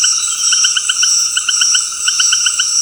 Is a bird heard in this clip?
no